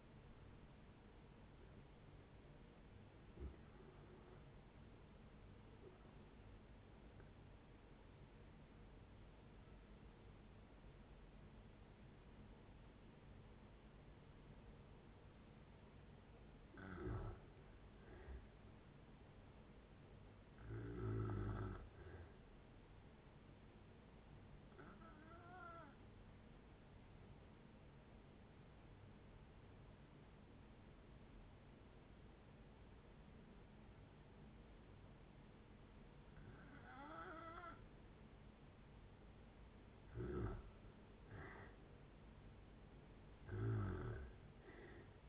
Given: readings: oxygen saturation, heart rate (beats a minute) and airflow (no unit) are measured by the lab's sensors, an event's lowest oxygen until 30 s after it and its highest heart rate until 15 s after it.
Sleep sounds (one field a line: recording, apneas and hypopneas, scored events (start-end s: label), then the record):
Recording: breathing in sleep by a voice recorder at the bedside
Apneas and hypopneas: 2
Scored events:
4.00-17.60 s: hypopnea (N2, oxygen 96% highest, then 91% lowest)
24.00-39.40 s: hypopnea (N2, oxygen 96% highest, then 87% lowest)
37.00-45.29 s: new sleep stage, N1 (lightest sleep)
From the record:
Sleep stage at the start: N2 (light sleep)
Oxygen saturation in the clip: 87 to 97%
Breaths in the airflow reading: 10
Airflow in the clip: -8.2 to 12.2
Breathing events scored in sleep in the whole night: 496 in 5.4 hours asleep